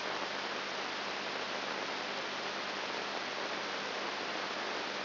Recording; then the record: brain microelectrode recording played as sound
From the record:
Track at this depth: inside the subthalamic nucleus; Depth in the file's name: 0.508 mm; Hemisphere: left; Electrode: 3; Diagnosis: Parkinson's disease